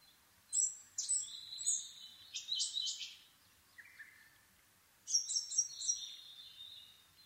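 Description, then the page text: Asian brown flycatcher song: quick high phrases of thin whistles and buzzy, scratchy notes, given in bursts with short pauses. Nikko, Japan, 26 April 2011 at 4:39, altitude 730 m; Sony PCM-D50 with Panasonic WM-61A microphone. "kosamebitaki 20110426-0439. Muscicapa dauurica [Sounds -Nikko Today-]. 4/ 26 2011, 4:39 alt=730m"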